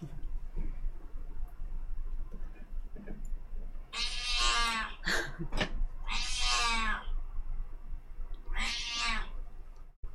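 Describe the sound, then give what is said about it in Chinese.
A cat meows three times, loud drawn-out cries with strong harmonics, the first two close together and the third after a short pause, over a low steady background hum with no talking. “系啦，只猫猫都系一个嘉宾。”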